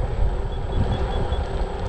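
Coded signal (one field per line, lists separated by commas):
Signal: none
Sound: scooter's beeps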